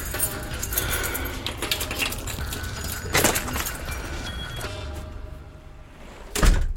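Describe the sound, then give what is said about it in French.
Someone knocks on a writer's door, with a couple of dull, heavy thuds spaced a few seconds apart over a steady, busy background clatter. No one speaks. “Cogné à la porte d'un écrivain anti-juif.”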